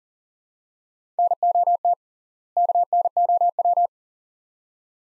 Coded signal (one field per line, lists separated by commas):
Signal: Morse code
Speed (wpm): 39 wpm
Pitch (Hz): 700 Hz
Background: none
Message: NOT KNOW